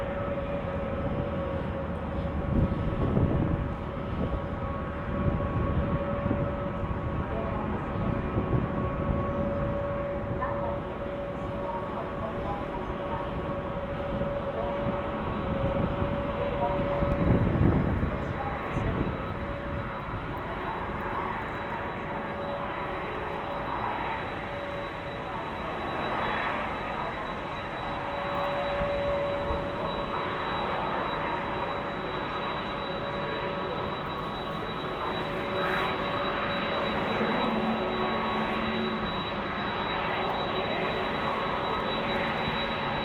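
Steady engine noise at an airfield runs through the whole recording, a dense low roar with constant whining tones layered above it. Around 3 and 17 seconds the roar swells briefly, and later a faint higher whine rises and falls.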